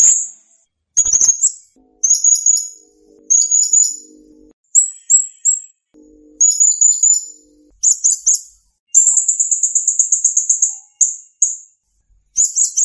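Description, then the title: Blue-crowned hanging parrot song: very high, thin, shrill phrases and trills in short bursts separated by brief silences, with one long, even, fast trill near the end. Masteran training recording of clear, lively song, used to tutor captive songbirds. "Masteran Burung Serindit Ll Masteran Serindit Gacor Jernih"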